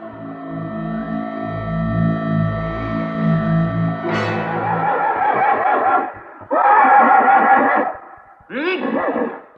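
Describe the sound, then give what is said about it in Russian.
A horse whinnies three times in loud, quavering bursts, each a shrill, wavering neigh with a short pause between. A low, steady droning tone comes before them. It is the horse of Koschei the Deathless in a fairy tale. “Что ж ты заржал, мой конь?”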